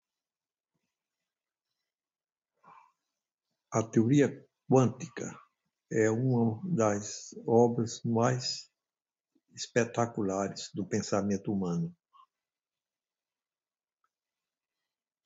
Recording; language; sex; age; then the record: short text; Brazilian Portuguese; male; 70 to 79 years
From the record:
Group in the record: control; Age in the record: 78 years